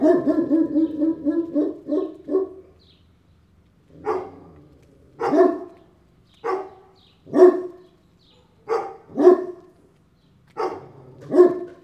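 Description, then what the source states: Dog barks, a rapid run of deep barks at first, then single barks roughly every second. Big dogs.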